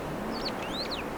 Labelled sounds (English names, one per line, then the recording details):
Superb Starling flight call
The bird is a female
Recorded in Kenya on 23 April 2009 at 09:00
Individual 82, of group SRB1